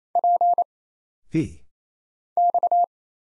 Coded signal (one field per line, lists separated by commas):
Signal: Morse code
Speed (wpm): 27 wpm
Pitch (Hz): 700 Hz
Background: none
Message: P X